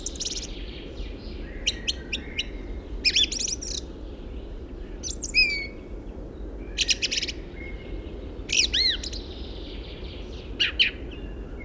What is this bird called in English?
Song Thrush